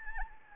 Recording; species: mosquito wingbeat signal from an infrared sensor; Anopheles arabiensis